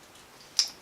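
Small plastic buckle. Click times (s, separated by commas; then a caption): 0.6 s. A SAM Extremity Tourniquet buckle's release tab is pushed up, making the locking teeth retract and freeing the strap. There is a single sharp click at 0.6 s, after which the buckle is released.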